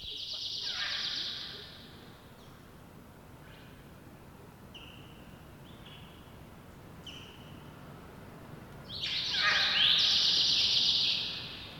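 Birds call and sing in high, bright bursts of chirping at the start and again near the end, with a few fainter calls scattered between over a soft, steady background rumble.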